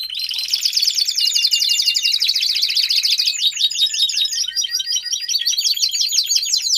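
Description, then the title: Domestic canary song, loud rapid high trills and twittering rolls that switch pace and pitch several times, sung continuously. Male Belgian canary singing a lot; meant to warm up and train young canaries. "Canary Training Esquente Seu Filhote E Canario Belga Em 30 Minutos Macho Cantando Muito"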